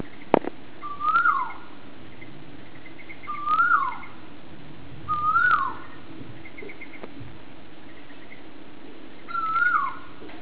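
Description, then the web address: Unidentified animal giving a clear whistled note that rises then slurs down, repeated four times about every two to four seconds, over a steady low hum. Recorded in Singapore; the animal is unknown. "Singapore NTU Ukendt Dyr"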